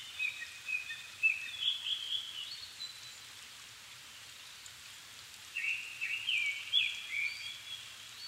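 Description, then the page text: Japanese thrush sings two fluty whistled phrases with a pause between them, against a steady hiss. Nikko, Japan; recorded 7 May 2011 at 17:59, in the evening, at about 270 m, with a Sony PCM-D50 and Panasonic WM-61A mics. "kurotugumi 20110507-1759. Turdus cardis [Sounds -Nikko Today-]"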